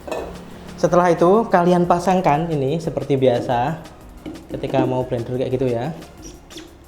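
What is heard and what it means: A filled glass blender jar is handled over the motor base of a Xiaomi Deerma DEM-NU06 portable capsule blender while someone talks throughout. The jar is being mounted in the usual way, but nothing has seated or clicked yet.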